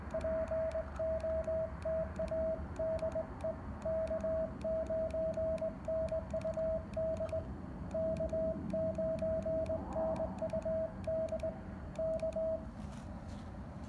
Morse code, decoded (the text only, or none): POTA DE K9NUD K9NUD K